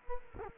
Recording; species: mosquito wingbeat signal from an infrared sensor; Culex quinquefasciatus